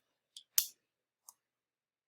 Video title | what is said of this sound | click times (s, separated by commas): Freeplay Zero Assembly | see if the battery cover snaps into place | 0.6 s